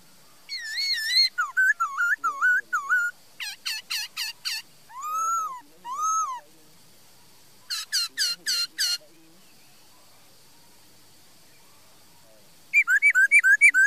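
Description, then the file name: Laughingthrush song: loud whistled phrases with wavering slurred notes, bursts of rapid repeated notes, a short silence, then a fast run of rising-and-falling whistles. "Tieng khuou hot"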